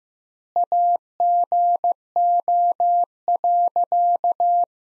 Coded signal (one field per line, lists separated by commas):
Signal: Morse code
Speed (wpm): 15 wpm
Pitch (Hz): 700 Hz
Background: none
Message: AGO.